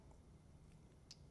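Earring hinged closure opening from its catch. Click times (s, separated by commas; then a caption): 1.1 s. The hinged closure of a small metal earring is popped open from its catch. A single short, sharp click sounds at 1.1 s against a low, steady background hum. The closure releases open.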